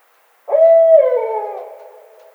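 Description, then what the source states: Barred owl giving a single drawn-out hoot that starts steady, then slurs downward and trails off into a wavering tail, with no other sounds. Recorded 9 April 2009.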